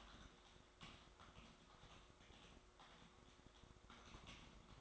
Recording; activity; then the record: daily activity, microphone in the room; typing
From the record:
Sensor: 3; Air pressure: 1004.4 hPa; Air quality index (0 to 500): 196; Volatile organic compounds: 14 ppm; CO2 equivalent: 2455 ppm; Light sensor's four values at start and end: 6/16/5/6 and 6/16/5/6